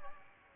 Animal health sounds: mosquito wingbeat signal from an infrared sensor; Aedes aegypti

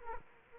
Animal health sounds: mosquito wingbeat signal from an infrared sensor; Aedes aegypti

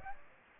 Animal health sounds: mosquito wingbeat signal from an infrared sensor; Aedes aegypti

